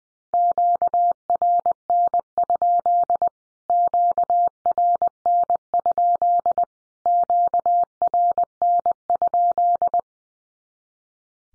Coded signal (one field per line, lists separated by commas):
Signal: Morse code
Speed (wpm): 20 wpm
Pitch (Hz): 700 Hz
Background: none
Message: QRN? QRN? QRN?